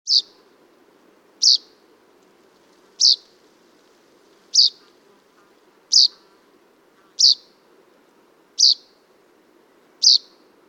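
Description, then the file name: Common chaffinch calling with crisp, high single notes, eight in total, repeated steadily about every one and a half seconds over a faint low hum. "Fringilla coelebs"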